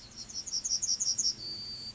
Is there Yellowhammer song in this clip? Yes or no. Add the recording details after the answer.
yes. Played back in grassland. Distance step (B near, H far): E. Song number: 023